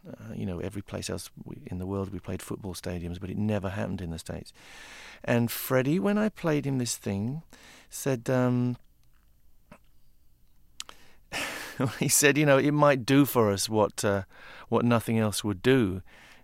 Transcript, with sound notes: You know, every place else in the world, we played football stadiums. But it never happened in the States. And Freddie, when I played him this thing, said - (laughter) well, he said, you know, it might do for us what nothing else would do,